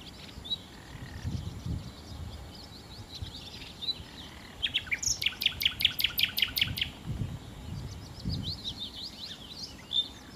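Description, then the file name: Common nightingale song with soft scattered notes, then a loud burst of rapidly repeated sharp notes lasting about two seconds, followed by quieter varied phrases. "Nachtigall"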